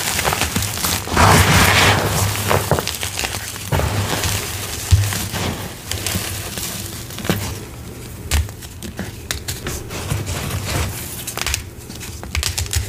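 Gym chalk crunches and crumbles, with dense gritty crackling and a bright, rustling burst around the first two seconds. After that the crunches thin into scattered sharp snaps, with a firmer crack near five seconds, over a low steady hum.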